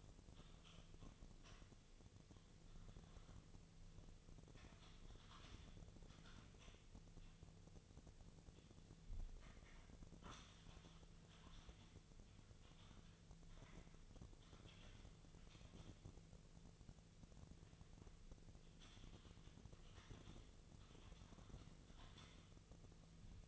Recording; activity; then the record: daily activity, microphone in the room; typing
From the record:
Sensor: 4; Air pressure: 1001.0 hPa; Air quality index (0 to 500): 141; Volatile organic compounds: 2 ppm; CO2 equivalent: 1041 ppm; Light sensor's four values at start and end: 26/64/26/28 and 27/65/27/29